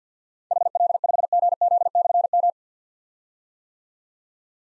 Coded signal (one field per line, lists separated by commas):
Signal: Morse code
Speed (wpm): 51 wpm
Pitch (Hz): 700 Hz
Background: none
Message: HL5GZ/M